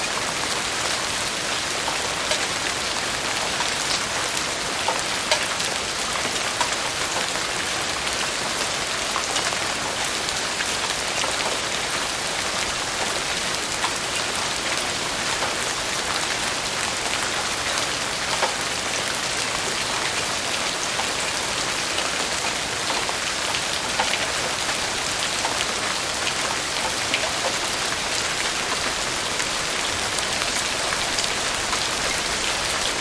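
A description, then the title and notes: Summer rain falls steadily and densely for the whole stretch, a constant bright hiss of countless drops with little low rumble. The level barely changes, with only faint individual patters of drops hitting a surface. GENTLE CALMING SUMMER RAIN. The sound of rain falling gently or in a rainstorm.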